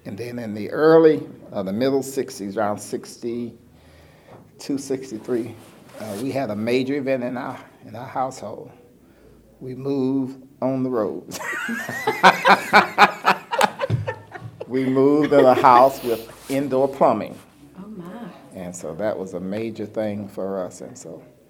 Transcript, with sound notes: And then in the early of the middle sixties, around sixty-two, sixty-three, we had a major event in our household. We moved on the road. (laughter) We moved in a house with indoor plumbing.
Oh my!
So that was a major thing for us and so